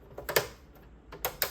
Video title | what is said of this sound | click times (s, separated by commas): How to Remove Xbox One Cover | and then snap this vent back in place and you're done | 0.2 s, 0.3 s, 0.4 s, 1.1 s, 1.2 s, 1.4 s